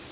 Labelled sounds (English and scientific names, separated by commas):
Prothonotary Warbler (Protonotaria citrea) flight call